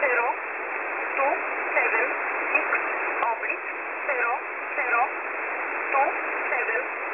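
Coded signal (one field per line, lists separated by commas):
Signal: numbers station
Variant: E11 Oblique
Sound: faint voice reading short, evenly spaced words through heavy shortwave hiss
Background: radio static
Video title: E11 Oblique 22/06/2023 0930 UTC 6923kHz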